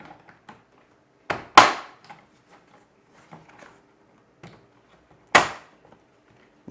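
Foam head immobiliser blocks for the second side are placed on a spinal board headboard and pushed down until they lock into place. Two loud knocks are heard, at 1.6 s and 5.4 s, with softer taps around them, and both blocks are seated.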